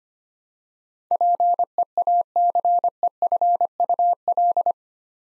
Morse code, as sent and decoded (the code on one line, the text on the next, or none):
.--. . .- -.-. . ..-. ..- .-..
PEACEFUL